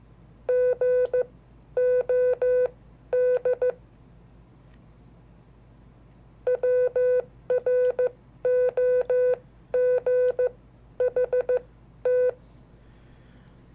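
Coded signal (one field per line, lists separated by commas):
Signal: Morse code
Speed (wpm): 14 wpm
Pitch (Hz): 500 Hz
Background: none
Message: GOD WROGHT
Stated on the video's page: Hand-sent Morse of historical dates, with sending mistakes left in.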